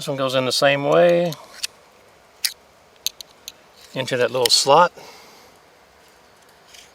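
A small tool from a budget Camillus 5-piece knife combo set, bought from Walmart, is handled and guided toward its slot in the sheath. Someone talks, a few sharp, brief handling ticks sound between about 1.6 and 3.5 seconds, and then someone talks again. Nothing has seated or clicked into place yet.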